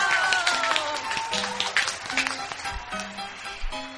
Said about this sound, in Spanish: Y como todos los programas, pues vamos a recibirlo, chicos, a ver si me ayudan con fuertes, pero fuertes, fuertes aplausos. Para el maestro, sí, claro.